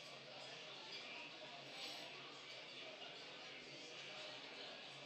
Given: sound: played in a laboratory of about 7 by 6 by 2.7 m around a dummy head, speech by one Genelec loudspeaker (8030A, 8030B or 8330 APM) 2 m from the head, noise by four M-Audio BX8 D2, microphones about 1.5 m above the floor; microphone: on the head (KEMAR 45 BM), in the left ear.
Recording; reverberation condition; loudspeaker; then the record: cafeteria noise; medium; four, about 170 cm from the corners of the room and facing them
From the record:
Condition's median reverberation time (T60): about 510 ms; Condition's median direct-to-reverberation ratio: about -0.5 dB